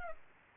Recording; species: mosquito wingbeat signal from an infrared sensor; Culex pipiens